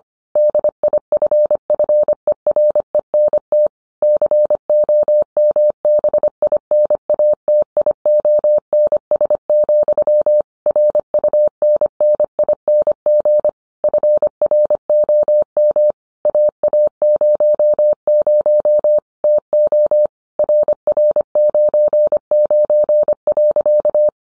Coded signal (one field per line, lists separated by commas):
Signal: Morse code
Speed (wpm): 25 wpm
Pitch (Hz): 600 Hz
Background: none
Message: DIFFERENT COMBINATIONS, RUNNING FROM AA00 TO RR99.